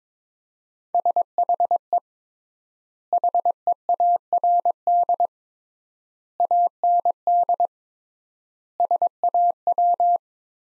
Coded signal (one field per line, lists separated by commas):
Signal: Morse code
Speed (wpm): 22 wpm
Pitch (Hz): 700 Hz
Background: none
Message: SHE HEARD AND SAW